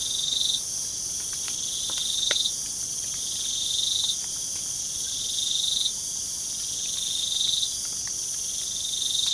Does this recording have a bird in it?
no